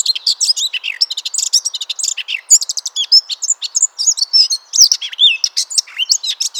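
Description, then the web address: Eurasian blackcap delivering a fast, continuous warble of high, scratchy and whistled notes, with a few clearer slurred phrases near the end. "SETE data Sylvia atricapilla"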